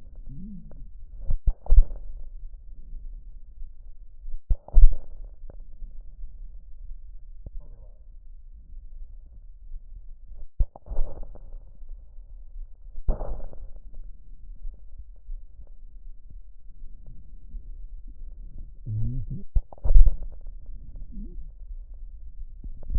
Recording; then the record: lung sounds by stethoscope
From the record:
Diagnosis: chronic bronchitis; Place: left posterior upper chest